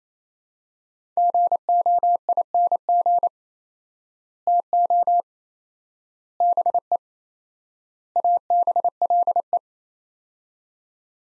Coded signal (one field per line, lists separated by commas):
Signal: Morse code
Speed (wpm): 28 wpm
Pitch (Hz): 700 Hz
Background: none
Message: GOING TO BE ABLE